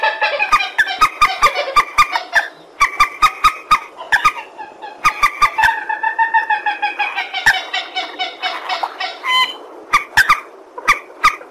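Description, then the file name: Purple swamphen giving nasal, harmonic cackling calls in rapid bursts, interrupted by sharp clicking notes, with longer drawn-out honking phrases near the middle. "tieng trich re keu"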